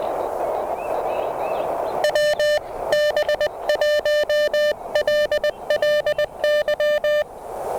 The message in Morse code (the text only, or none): WB1LLY